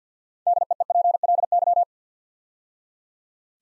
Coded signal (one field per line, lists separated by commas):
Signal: Morse code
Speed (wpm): 49 wpm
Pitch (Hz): 700 Hz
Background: none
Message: DEEPLY